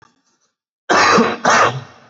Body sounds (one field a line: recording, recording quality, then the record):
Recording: heavy voluntary cough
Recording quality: excellent, no background noise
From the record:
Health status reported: recovered from COVID-19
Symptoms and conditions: fever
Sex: male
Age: 27 years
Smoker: not ticked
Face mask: not worn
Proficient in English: yes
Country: India